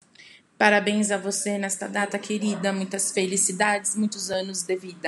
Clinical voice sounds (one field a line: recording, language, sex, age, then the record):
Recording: short text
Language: Brazilian Portuguese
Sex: female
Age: 40 to 49 years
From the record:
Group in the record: control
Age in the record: 42 years